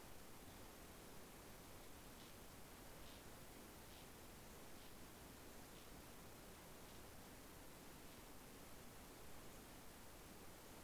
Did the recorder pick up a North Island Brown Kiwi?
no